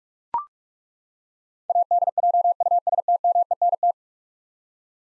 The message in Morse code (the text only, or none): ADJUSTMENT